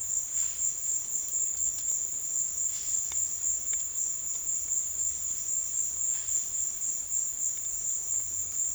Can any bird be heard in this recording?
no